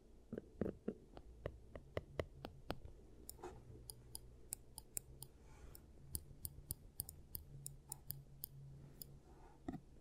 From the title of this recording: ASMR Giant Teeth Treatment, Fixing Your Cavities